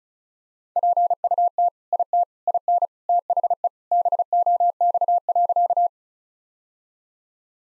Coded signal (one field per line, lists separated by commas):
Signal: Morse code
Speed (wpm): 35 wpm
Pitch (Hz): 700 Hz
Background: none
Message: PUT IT IN THE BOX.